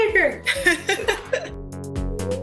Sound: laughter; musical sting